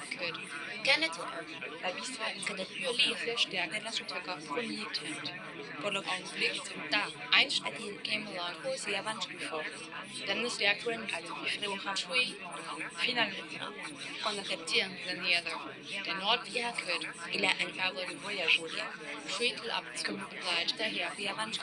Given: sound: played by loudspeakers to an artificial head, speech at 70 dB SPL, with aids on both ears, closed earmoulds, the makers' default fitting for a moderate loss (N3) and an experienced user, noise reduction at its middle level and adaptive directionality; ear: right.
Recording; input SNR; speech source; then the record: speech test signal (ISTS) in cocktail-party noise; -6 dB; on the right (90 degrees)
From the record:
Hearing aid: class 2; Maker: I